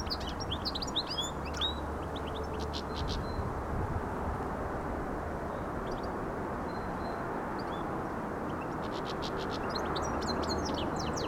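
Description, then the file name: European goldfinch song, short bursts of sharp twittering at the start and again near the end, with a quiet stretch between and a low constant rumble. "Carduelis carduelis"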